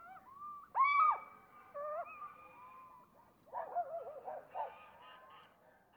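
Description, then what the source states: Little owl calls: one loud, sharp rising-falling shriek, then softer drawn-out whistles and a run of quick yelping notes near the end. A pair of little owls giving various loud calls while interacting with neighbouring owls.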